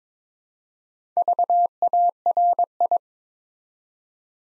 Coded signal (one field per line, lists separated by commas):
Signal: Morse code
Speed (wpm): 22 wpm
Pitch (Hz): 700 Hz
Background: none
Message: VARI